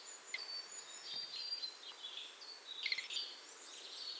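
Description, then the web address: Bird calls: thin high whistles and short chirps come in scattered bursts over a steady hiss of background noise. "BIRD MNHM"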